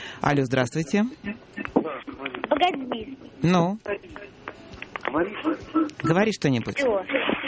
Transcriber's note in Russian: по телефону